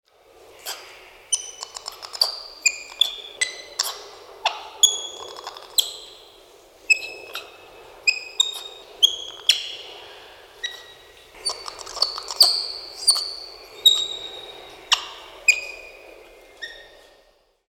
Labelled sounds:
Southern Muriqui (Brachyteles arachnoides)

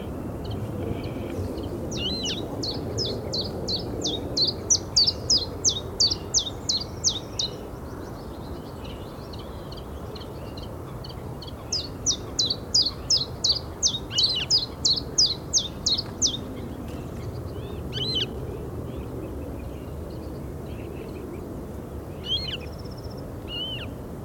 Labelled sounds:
Western Marsh Harrier (Circus aeruginosus)

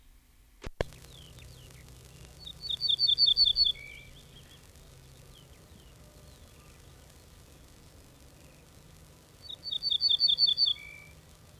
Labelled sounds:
Ortolan Bunting (Emberiza hortulana) song

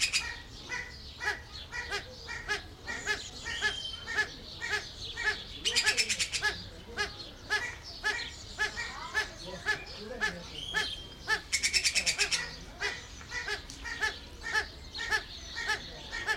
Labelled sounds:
Common Green Magpie (Cissa chinensis)

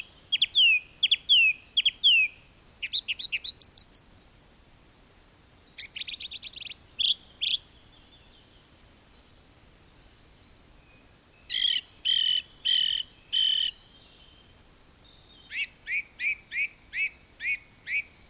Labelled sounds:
Song Thrush (Turdus philomelos) song

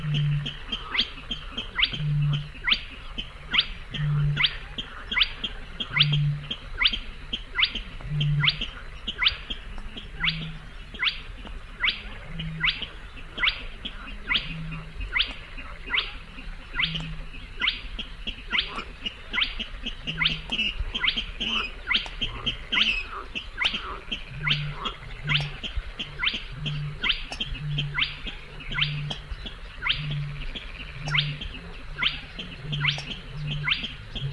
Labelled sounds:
Spotted Crake (Porzana porzana)

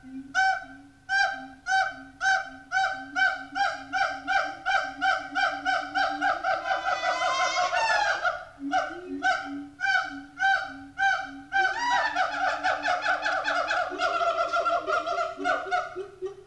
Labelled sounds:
Siamang (Symphalangus syndactylus)

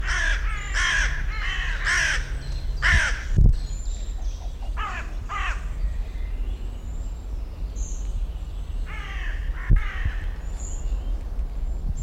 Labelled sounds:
Hooded Crow (Corvus cornix) call

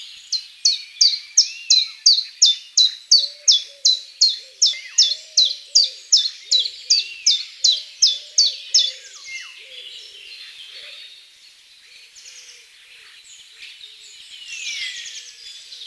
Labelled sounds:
Common Chiffchaff (Phylloscopus collybita) song

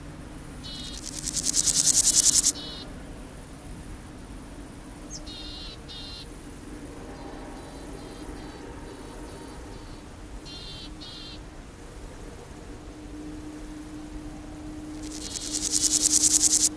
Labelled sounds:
Willow Tit (Poecile montanus) call

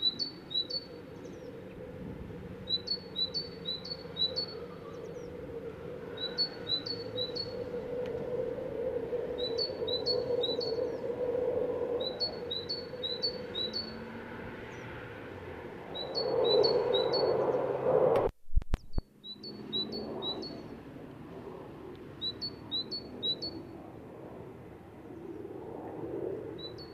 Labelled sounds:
Great Tit (Parus major) song

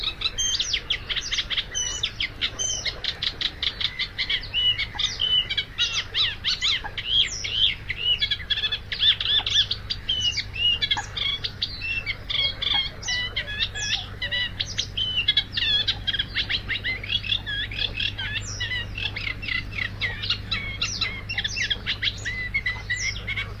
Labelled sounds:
Eurasian Reed Warbler (Acrocephalus scirpaceus) song

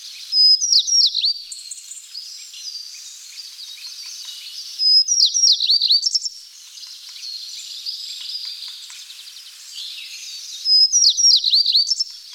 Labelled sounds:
Tristram's Bunting (Emberiza tristrami) song

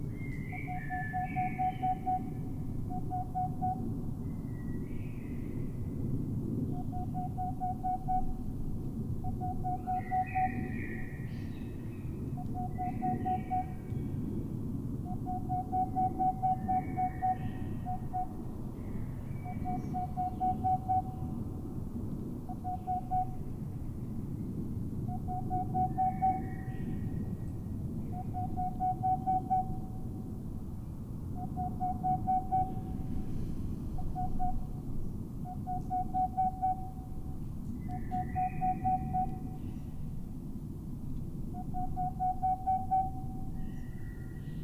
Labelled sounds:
Boreal Owl (Aegolius funereus)

